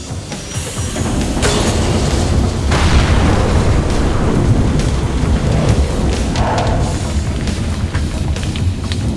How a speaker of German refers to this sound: die Maschine explodierte und sich in Abermillionen kleinste Teilchen auflöste.